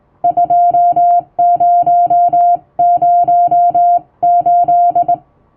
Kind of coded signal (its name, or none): Morse code